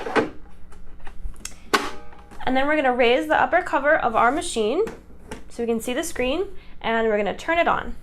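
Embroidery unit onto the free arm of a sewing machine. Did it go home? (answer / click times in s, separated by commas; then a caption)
yes / 1.5 s, 1.8 s. A plastic embroidery unit is slid onto the free arm of a Husqvarna sewing machine, lined up and pushed on until it snaps into place, with sharp clicks at 1.5 s and 1.8 s. Someone talks before and after, and the unit is seated on the machine.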